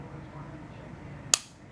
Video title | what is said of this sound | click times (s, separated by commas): Inside The Cold Steel Hold Out II | bam, clicks into place with authority. | 1.3 s